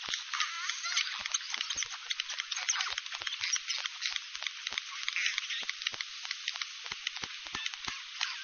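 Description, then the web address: Bottlenose dolphin click trains, fast and irregular, forming a continuous crackling texture with occasional sharper, louder pulses. "KAIROS bottlenose dolfin"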